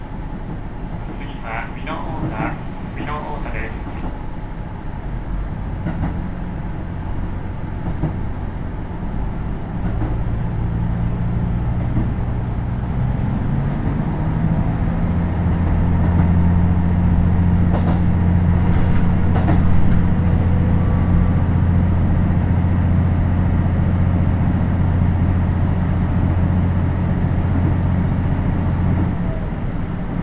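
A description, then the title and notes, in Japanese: Onboard a KiHa 75 diesel railcar on the Takayama Line, a constant low rumble fills the ride. A short burst of voice comes early on, then from about ten seconds the engine's deep drone rises in pitch and grows louder, holding steady with occasional faint clicks. 高山本線 岐阜→美濃太田（キハ75）。車両はキハ75系で快速みえ号にも使われています。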